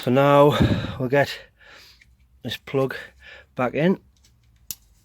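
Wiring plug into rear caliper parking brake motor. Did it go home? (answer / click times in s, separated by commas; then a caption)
yes / 4.7 s. On a 2015 Volvo XC60 having its rear brake pads and disc replaced, the electrical plug for the electric parking brake motor on the rear caliper is pushed back into its socket. Someone talks, then a few faint rustles follow before the plug seats with a single sharp click at 4.7 s.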